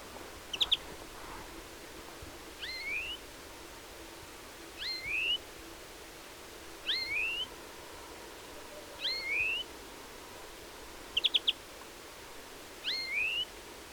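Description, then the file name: European greenfinch calls: soft rising whistles repeated about every two seconds, with two short bursts of rapid ticking notes mixed in. "Chloris chloris"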